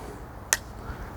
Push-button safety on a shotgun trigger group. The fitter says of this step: click it back up so